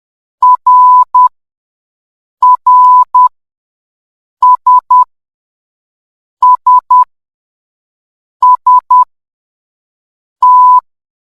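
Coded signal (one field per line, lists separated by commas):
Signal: Morse code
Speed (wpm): 10 wpm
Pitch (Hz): 1000 Hz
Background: none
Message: R R S S S T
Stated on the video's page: Beginner Morse code lesson.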